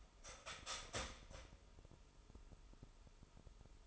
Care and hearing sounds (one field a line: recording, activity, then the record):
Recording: daily activity, microphone in the room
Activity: start toaster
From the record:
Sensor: 5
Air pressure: 988.7 hPa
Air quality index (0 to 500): 233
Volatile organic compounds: 181 ppm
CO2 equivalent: 4147 ppm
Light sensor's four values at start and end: 40/123/48/51 and 40/124/48/51